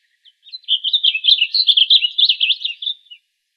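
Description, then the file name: Blue grosbeak singing a hurried, bubbling warble of twisting notes for roughly two and a half seconds, fairly steady in volume throughout. Arizona, 22 June 2002. "BLGR 7 deviche"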